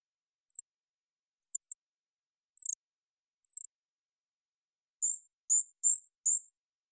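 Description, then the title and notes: Golden-crowned kinglet giving very high, thin, short call notes, scattered at first, then a quicker run of four near the end; no other sounds. Recorded on Olympic Peninsula, North America, where resident, in June 2021; boreal forest species; clean-processed with all background sound and noise removed. "I happened to record this little fellow on the Olympic Peninsula"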